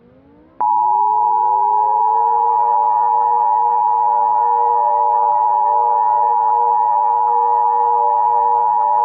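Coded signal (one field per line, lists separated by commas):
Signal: Emergency Alert System (SAME) tones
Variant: 853 and 960 Hz attention tone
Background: music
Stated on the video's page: Fictional Emergency Alert System scenario about the Black Mesa Incident, made to look like a VHS tape.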